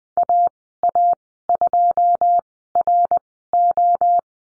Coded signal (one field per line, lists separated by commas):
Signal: Morse code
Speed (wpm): 20 wpm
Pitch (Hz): 700 Hz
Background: none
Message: AA2RO